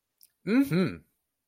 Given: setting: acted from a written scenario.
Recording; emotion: vocal sound without words; pride